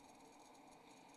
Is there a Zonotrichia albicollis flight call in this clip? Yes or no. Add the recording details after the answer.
no. No flight call is heard. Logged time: 03:04 on 28 November 2014